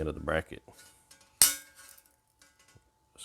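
Someone talks briefly, then the plastic bracket or retainer of a tire pressure sensor is pressed together and snaps into its bracket with one sharp, bright click at 1.4 s. The sensor retainer is seated, followed by only faint small sounds.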